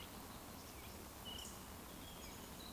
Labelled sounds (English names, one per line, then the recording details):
Eurasian Woodcock whistle
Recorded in Baden-Württemberg, Germany, on 11 June 2020 at 20:18 UTC
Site 14569, 102 m above sea level